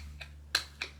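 A small plastic locking latch on a 3D-printed toothpaste tube squeezer snaps into place with a sharp click at 0.6 s, between a faint tick at 0.2 s and a lighter click at 0.8 s over a low steady hum. The latch is seated, locking the squeezer so it can't unscrew itself.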